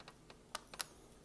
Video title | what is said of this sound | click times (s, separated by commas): Peaugh Plays: Dungeon in a Box SKINNY MINIS | there we go snap right in | 0.8 s